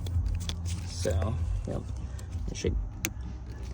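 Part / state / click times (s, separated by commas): switch wiring plug into left-side harness connector / seated / 3.0 s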